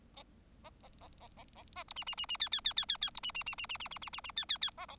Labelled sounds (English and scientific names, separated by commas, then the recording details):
Bengalese Finch (Lonchura striata domestica) song
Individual Bird4